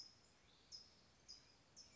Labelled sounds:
California Towhee (Melozone crissalis)
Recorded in Sonoma County, California

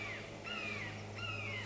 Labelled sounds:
Red-shouldered Hawk (Buteo lineatus)
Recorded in Sonoma County, California

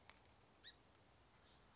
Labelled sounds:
Song Sparrow (Melospiza melodia)
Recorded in Sonoma County, California

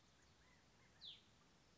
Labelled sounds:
Hutton's Vireo (Vireo huttoni)
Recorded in Sonoma County, California

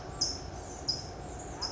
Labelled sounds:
California Towhee (Melozone crissalis)
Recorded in Sonoma County, California

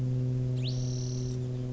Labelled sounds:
Spotted Towhee (Pipilo maculatus)
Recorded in Sonoma County, California

